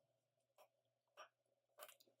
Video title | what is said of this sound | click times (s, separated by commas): Crawford Watch Repair - Part 2 | There you just heard it snap in place. | 1.8 s, 2.0 s